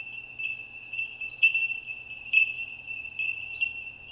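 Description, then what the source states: Bellbird song, a continuous high-pitched ringing note punctuated by several sharper chiming pings at irregular intervals, clear against a quiet background. Recorded years ago in the hills, when many bellbirds were around; high-pitched sound.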